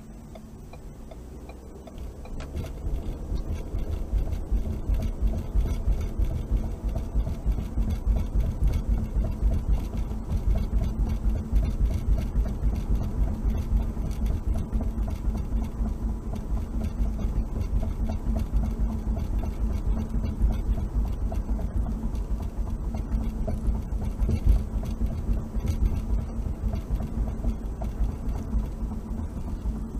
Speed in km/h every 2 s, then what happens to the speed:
21, 32, 47, 55, 58, 60, 60, 61, 61, 60, 60, 58, 58, 58, 56.
0-8 speeds up to 58. 8-27 steady at about 60.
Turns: none.